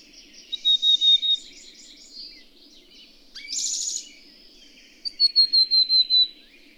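Bird song with a rapid run of high whistled notes, a rasping burst, then another run of whistled notes.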